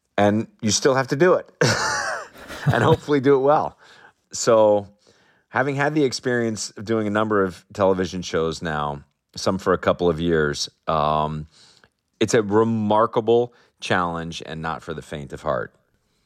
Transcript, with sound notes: and you still have to do it (laughter) and hopefully do it well. So having had the experience of doing a number of television shows now, some for a couple of years, it's a remarkable challenge and not for the faint of heart.